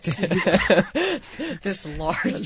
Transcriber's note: they laugh